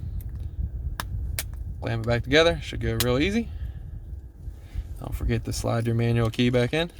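The two plastic halves of a Toyota Venza key fob shell are pressed back together after a battery swap, giving sharp snaps at 1.0 s and 1.4 s as the case clicks shut. Someone talks throughout, and the fob shell is seated closed.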